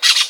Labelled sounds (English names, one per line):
Brown-throated Parakeet contact call